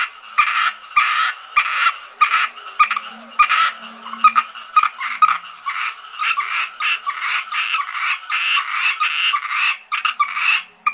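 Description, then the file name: Asian grass frog calls: dense raspy croaks rattling almost continuously with little pause. "rana limnocharis yannick dauby gruenrekorder"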